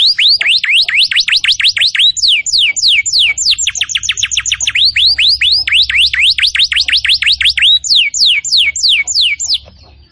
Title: Kenari Gacor